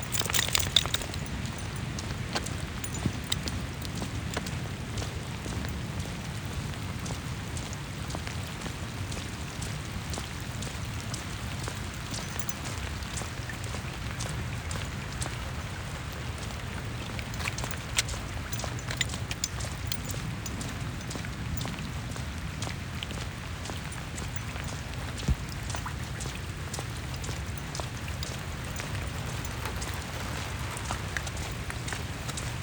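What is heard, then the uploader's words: Steady rain falls in a street and patters on tree leaves, a dense, even hiss with many fine drop ticks throughout. A low rumble runs underneath the whole time, and the level holds nearly constant with only small scattered bumps. We've had an unseasonably large amount of rain this fall and winter in Phoenix, Arizona. The rain was pretty loud in the street and landing on the leaves of trees.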